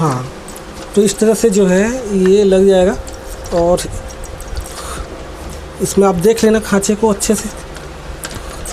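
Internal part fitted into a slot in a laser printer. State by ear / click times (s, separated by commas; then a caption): not seated / none. An internal part of an HP LaserJet M1005 laser printer is handled near its slot while the slot is checked. Someone talks over faint background music, and a few small, sharp handling ticks come near the end. Nothing has seated or clicked into the slot yet.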